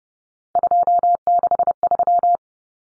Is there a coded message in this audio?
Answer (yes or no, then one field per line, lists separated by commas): yes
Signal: Morse code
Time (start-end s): 0.6-2.4 s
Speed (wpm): 30 wpm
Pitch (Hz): 700 Hz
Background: none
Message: 263